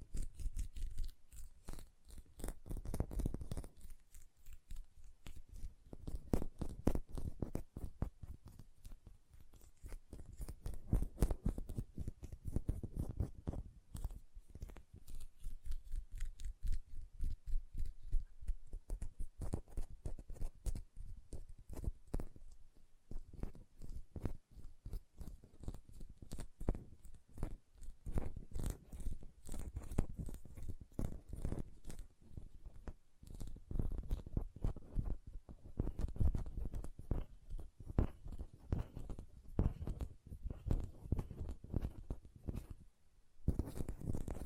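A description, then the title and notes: Hand sounds with quick, close-set nail tapping run almost the whole way through, a dense stream of sharp clicks in uneven bursts. Soft rubbing and squishing from lotion fills the low end beneath the taps. Near the end the sound briefly drops out before resuming. Hand Sounds, Nail Tapping and Lotion Sounds.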